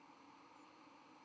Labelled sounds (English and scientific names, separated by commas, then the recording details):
White-throated Sparrow (Zonotrichia albicollis) flight call
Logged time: 07:50 on 31 October 2014